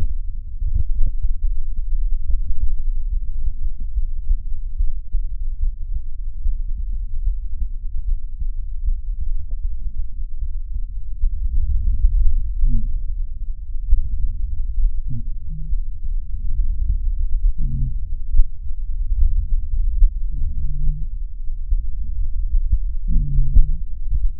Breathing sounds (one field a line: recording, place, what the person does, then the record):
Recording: lung sounds by stethoscope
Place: right anterior apical chest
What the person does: quiet breathing, then deep breathing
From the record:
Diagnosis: interstitial lung disease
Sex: female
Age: 72 years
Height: 153 cm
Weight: 71 kg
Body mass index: 30.3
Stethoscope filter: bell mode